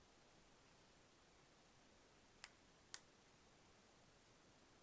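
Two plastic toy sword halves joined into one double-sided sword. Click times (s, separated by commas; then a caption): 2.4 s, 2.9 s. Two plastic sword halves from Super 7's 5 1/2-inch Masters of the Universe action figures based on Filmation, Skeletor's sword and He-Man's sword, are pushed together end to end to form a double-sided Power Sword. Against a quiet, steady background hiss, two sharp clicks sound at 2.4 s and 2.9 s, the second slightly louder, as the halves snap into place and seat.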